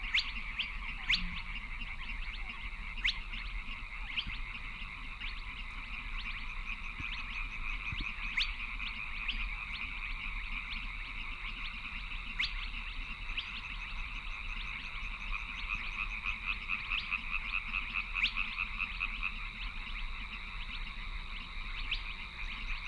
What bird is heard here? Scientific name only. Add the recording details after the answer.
Porzana porzana. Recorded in the wild. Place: Kützerhof, Kummerower See, Mecklenburg-Vorpommern, DE. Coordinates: 53.8536, 12.8581. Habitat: wetland. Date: 2009-05-07 23:45. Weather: bedeckt, windstill, ca. 10°C. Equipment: Sound Devices 702, Sennheiser MKH 70, Rycote Windschutz. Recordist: Frommolt, Karl-Heinz